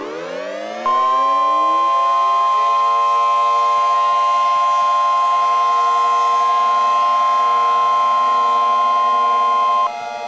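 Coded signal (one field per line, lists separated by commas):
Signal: Emergency Alert System (SAME) tones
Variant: 1050 Hz attention tone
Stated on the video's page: Fictional tornado warning scenario built from downloaded audio clips, including a dual-tone Whelen siren sound.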